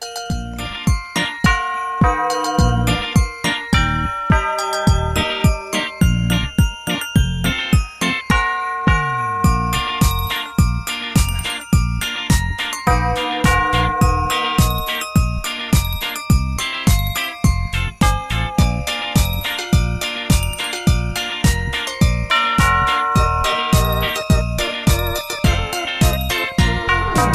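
Sleigh bells are shaken, jingling in a steady, driving rhythm over loud music with a pounding beat and sustained tones, continuing without pause from start to finish.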